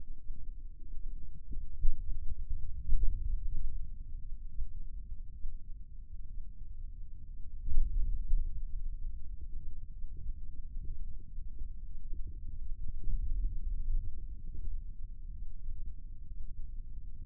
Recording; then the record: forearm muscle sounds (acoustic myography)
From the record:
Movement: hand opening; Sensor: system 2, bracelet of six BSWA MPA416 microphones around the upper forearm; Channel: 3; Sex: male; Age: 22 years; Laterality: right